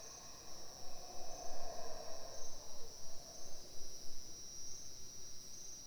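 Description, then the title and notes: Insects in a steady high shrill chorus, with a lower pulsing sound throughout. Insect chorus in jungle just outside San Ignacio, Belize, recorded about 5 am. "recorded in the Belize jungle right outside of San Ignacio, and includes a chorus of bugs, howler monkeys and various birds. It was recorded about 5 am."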